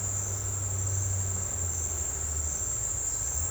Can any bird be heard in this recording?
no